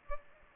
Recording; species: mosquito wingbeat signal from an infrared sensor; Culex pipiens